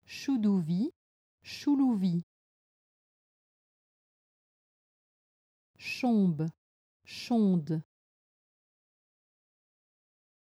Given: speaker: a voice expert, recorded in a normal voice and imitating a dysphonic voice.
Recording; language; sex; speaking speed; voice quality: pseudo-word pairs; French; female; normal speed; normal voice